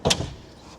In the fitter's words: There it goes. Clicking into place, locking into place.